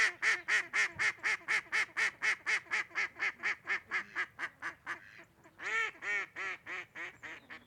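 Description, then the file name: Duck quacking, a long rapid series of nasal quacks about four per second, fading midway, then a louder burst of quacks. Ducks recorded at Andernos in 2014. "Canards andernos"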